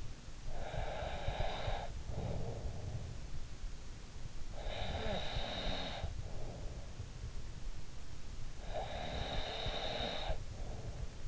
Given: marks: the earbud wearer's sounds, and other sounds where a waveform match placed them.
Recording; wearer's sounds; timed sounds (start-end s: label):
sounds in sleep by an in-ear microphone; breath, snoring breath
0.00-3.60 s: breath
4.37-6.94 s: snoring breath
8.05-11.28 s: snoring breath